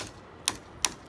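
The torque-limiting tension knob on a kayak carrier mount on a roof rack bar is tightened further, giving two sharp clutch clicks at 0.5 s and 0.9 s. The knob has reached the maker's intended tightness and won't over-tighten.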